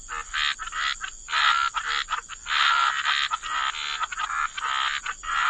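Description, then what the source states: Frogs croaking together in thick, overlapping bursts that swell and fade every second or so, over a steady background hiss. Frog chorus.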